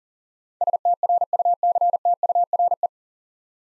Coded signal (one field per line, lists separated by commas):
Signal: Morse code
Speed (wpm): 42 wpm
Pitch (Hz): 700 Hz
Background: none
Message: STRUCTURE